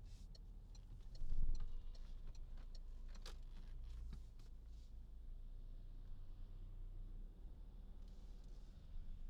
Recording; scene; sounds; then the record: everyday scene through a hearing-aid microphone; in a vehicle; engine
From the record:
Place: Berlingo II, diesel engine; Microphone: in the ear canal, left